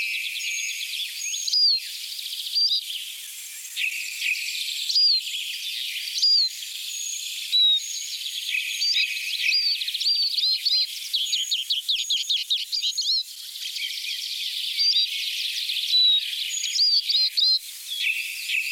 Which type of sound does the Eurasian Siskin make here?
song